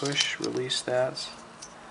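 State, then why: Seated. A plug section is slid back onto a USB wall charger adapter while someone talks. A quiet single click at 1.6 s marks it seating into place.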